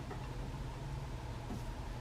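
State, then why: Not seated. A new plastic hood is set on a tabletop and lined up on a handheld scent-transfer unit before being pressed on. A steady low, engine-like hum with broadband noise runs through the whole two seconds, with no distinct impacts. The hood has not clicked or seated yet.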